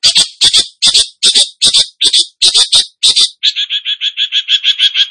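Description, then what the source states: Cendet song: repeated harsh, noisy bursts, switching to a rapid even string of sharper chirps. Cendet singing energetically (gacor).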